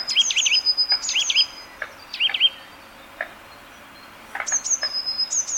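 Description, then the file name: Eurasian nuthatch calls: wavering, looping notes and thin high whistled notes, a quiet gap, then more high whistles. "Sitta europaea"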